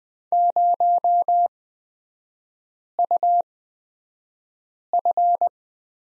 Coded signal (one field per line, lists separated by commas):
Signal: Morse code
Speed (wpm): 20 wpm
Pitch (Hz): 700 Hz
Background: none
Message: 0UF